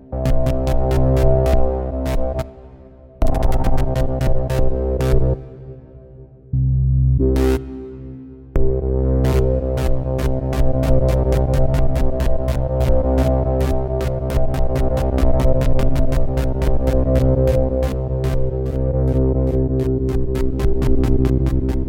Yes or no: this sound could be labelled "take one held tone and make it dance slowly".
yes